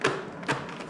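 The flip-up chin bar of an HJC i90 modular helmet is being swung down toward the helmet shell latch, making two short tapping thuds at about 0.1 s and 0.5 s over a low background. Nothing has latched or clicked yet.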